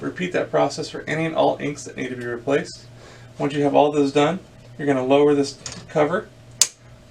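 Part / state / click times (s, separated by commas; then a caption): ink cartridge cover latching onto an inkjet printer carriage / seated / 6.6 s. Someone talks while the plastic cover over the ink cartridge bay of an Epson WorkForce WF-7710 inkjet printer is lowered after the new ink cartridges are installed. The cover is pushed down and latches onto the carriage with a single sharp click at 6.6 s, seating it shut.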